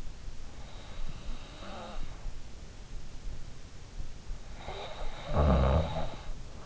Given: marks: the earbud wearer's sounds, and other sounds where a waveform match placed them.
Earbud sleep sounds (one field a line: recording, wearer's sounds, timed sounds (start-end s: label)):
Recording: sounds in sleep by an in-ear microphone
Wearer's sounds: breath, snoring breath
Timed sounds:
0.28-2.41 s: breath
4.38-6.66 s: snoring breath